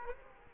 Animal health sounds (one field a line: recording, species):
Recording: mosquito wingbeat signal from an infrared sensor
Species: Culex quinquefasciatus